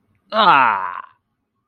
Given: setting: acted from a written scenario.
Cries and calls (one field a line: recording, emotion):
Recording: vocal sound without words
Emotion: disgust